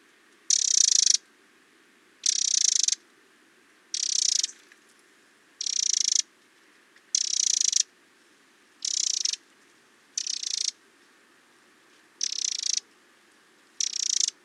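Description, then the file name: Eurasian wren harsh churring rattles, nine dry bursts each under a second, repeated roughly every one and a half seconds over a steady low hum. "Troglodytes troglodytes"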